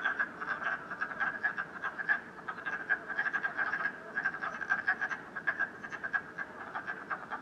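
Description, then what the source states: Frog chorus of rapid, rattling croaks at a steady pitch, with many callers overlapping throughout. Frogs croaking at night in Canada, recorded during COVID-19.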